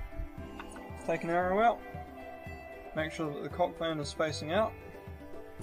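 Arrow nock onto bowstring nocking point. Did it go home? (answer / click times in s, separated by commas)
no / none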